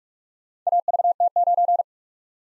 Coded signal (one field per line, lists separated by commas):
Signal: Morse code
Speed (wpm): 45 wpm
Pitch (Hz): 700 Hz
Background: none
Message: AVT9